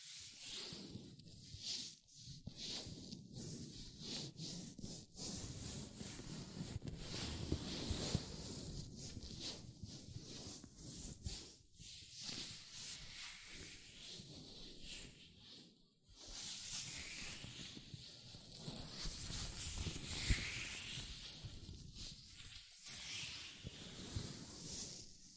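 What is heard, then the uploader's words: Latex gloves rub and stretch against hands in a near-continuous stream of squeaky, hissing friction. The rubbing is dense and uneven, with brief pauses around 2, 12, 16 and 23 seconds, and brighter, sharper bursts of squeaking after 16 seconds. ASMR Latex Gloves Hand Sounds (No Talking).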